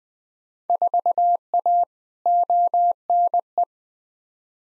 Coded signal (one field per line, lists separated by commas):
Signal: Morse code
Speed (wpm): 20 wpm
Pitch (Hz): 700 Hz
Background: none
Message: 4A ONE